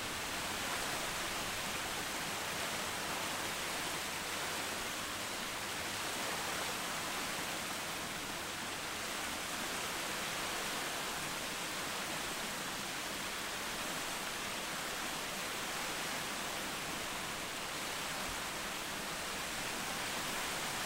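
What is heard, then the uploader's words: A distant waterfall fills the scene with a steady, dense hiss of falling water that barely changes across the whole stretch. The rush is bright and airy, with a soft low rumble underneath and only slight swells in loudness. A field recording of a distant waterfall creates the perfect, natural white noise. It starts with a subtle fade in at the beginning and continues for 4hrs with the natural ebb and flow of water.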